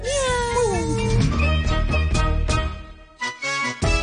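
A cat meows with a drawn-out, gliding pitch over lively music, which then continues with punchy beats and short breaks before ending.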